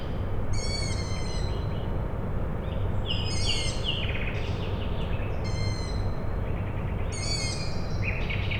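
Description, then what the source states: Owl: shrill, hissing squeaks from owl chicks recur over a steady low industrial drone. Owl chicks calling at night, Tuesday 21 May 2019, Michałkowice, Siemianowice Śląskie, Poland; industrial plant in background; Zoom H5, Audio-Technica BP4025.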